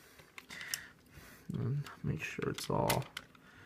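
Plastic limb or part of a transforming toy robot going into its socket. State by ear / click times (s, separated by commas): not seated / none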